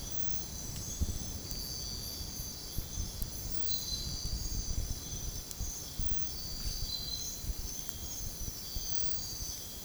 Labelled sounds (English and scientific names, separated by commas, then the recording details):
none
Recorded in dense forest near Puerto Asís, Putumayo, Colombia, on 29 June 2025 at 04:30
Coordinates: 0.503, -76.323
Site G059